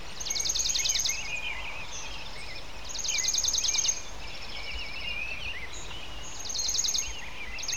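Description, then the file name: Birds calling in a busy chorus: bursts of buzzy, rapidly repeated high notes about every three seconds, with scattered chirps and twitters between, over a low steady rumble. "Sounds Dogs Love - Loud Birds Sound Effect"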